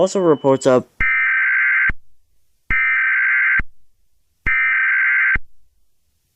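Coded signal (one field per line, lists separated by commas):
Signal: Emergency Alert System (SAME) tones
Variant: header bursts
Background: speech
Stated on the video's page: Fictional EAS scenario with valid EAS tones.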